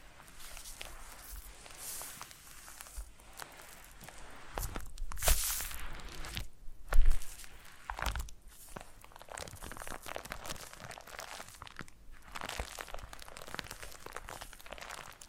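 Foam massage: soft rubbing and squeaking strokes with a crinkly, crunching texture, coming in irregular bursts throughout. A sharper crackle stands out near five seconds and a louder thump around seven, with quieter scrapes continuing to the end.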